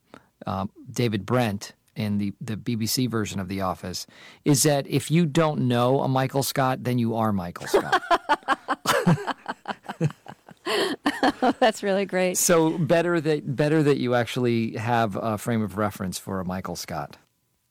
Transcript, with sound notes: David Brent, in the BBC version of "The Office" - is that if you don't know a Michael Scott, then you are Michael Scott.
(Laughter) That's really great.
So, better that you actually have a frame of reference for a Michael Scott.